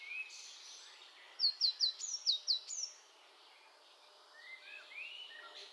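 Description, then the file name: Eurasian blue tit calling: a quick run of several high, sharp down-slurred notes, with thin whistles above, then quieter bird notes in steady background hiss. "Cyanistes caeruleus"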